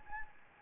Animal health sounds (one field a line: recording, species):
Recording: mosquito wingbeat signal from an infrared sensor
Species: Anopheles gambiae